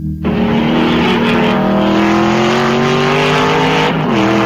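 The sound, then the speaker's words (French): Race car engines at the Grand Prix de Trois-Rivières roar loudly and steadily, their high whining pitch slowly climbing over about four seconds before dipping at the end, with no voices. “En direct du Grand Prix de Trois-Rivières, vous écoutez C'est fou 89.1 FM.”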